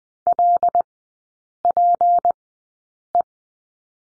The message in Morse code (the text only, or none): LPE